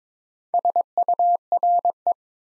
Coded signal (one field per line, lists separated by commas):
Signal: Morse code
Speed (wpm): 22 wpm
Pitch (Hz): 700 Hz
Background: none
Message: SURE